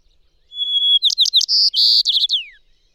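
White-crowned sparrow song: a clear, steady whistle, then quick chirped notes, two buzzy trills, and a fast twittering run ending in a falling slur.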